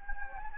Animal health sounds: mosquito wingbeat signal from an infrared sensor; Anopheles gambiae

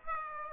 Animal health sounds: mosquito wingbeat signal from an infrared sensor; Aedes aegypti

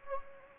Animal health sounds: mosquito wingbeat signal from an infrared sensor; Anopheles gambiae

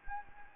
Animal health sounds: mosquito wingbeat signal from an infrared sensor; Anopheles gambiae

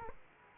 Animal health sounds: mosquito wingbeat signal from an infrared sensor; Aedes aegypti

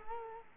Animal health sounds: mosquito wingbeat signal from an infrared sensor; Culex quinquefasciatus

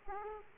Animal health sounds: mosquito wingbeat signal from an infrared sensor; Aedes aegypti

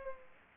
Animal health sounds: mosquito wingbeat signal from an infrared sensor; Anopheles arabiensis

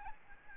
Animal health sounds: mosquito wingbeat signal from an infrared sensor; Aedes albopictus

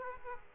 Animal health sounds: mosquito wingbeat signal from an infrared sensor; Aedes aegypti

